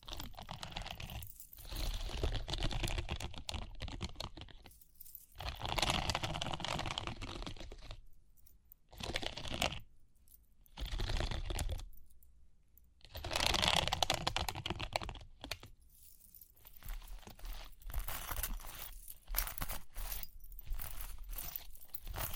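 Scratching and rustling ear-cleaning sounds come in dense bursts of a few seconds, separated by short silences, with crinkly, crunchy texture throughout.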